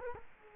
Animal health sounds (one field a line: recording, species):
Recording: mosquito wingbeat signal from an infrared sensor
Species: Culex quinquefasciatus